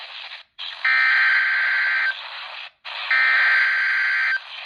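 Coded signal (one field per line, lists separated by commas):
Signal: Emergency Alert System (SAME) tones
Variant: header bursts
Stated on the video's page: NOAA Weather Radio severe thunderstorm warning on 162.400 MHz from a Killian, SC tower, received about 82 miles away on a RadioShack 12-254.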